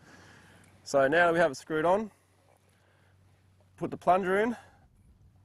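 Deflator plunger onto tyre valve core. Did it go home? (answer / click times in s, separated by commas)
no / none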